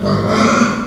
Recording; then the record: squeal of a Yucatan mini pig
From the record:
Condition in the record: after surgery on the right vocal fold (resection and tissue-engineered implant); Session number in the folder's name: 16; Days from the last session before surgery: 183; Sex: female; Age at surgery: 19 weeks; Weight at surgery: 25 kg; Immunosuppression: prednisolone